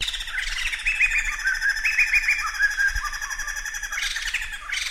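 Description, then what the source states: Oriental magpie-robin song: a continuous stream of varied whistled and chattering phrases, with quick repeated trills running throughout. Champion singer in full, continuous song, from a collection of selected tutor songs.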